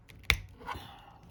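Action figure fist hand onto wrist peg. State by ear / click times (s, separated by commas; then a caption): seated / 0.3 s. A plastic fist hand is pushed onto an action figure's wrist peg. A faint tap at 0.1 s is followed by a loud, sharp snap at 0.3 s as the fist seats firmly on the wrist, then a softer rustle of handling.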